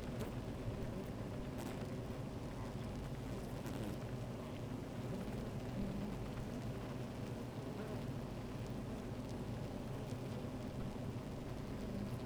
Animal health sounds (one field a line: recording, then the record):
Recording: honeybee colony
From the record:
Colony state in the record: active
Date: 28 July 2017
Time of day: 13:41